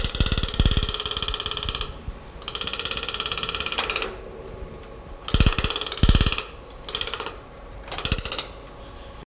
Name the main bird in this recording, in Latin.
Ramphastos toco